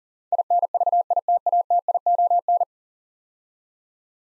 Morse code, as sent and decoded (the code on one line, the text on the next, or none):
.. -. ...- .. - .- - .. --- -.
INVITATION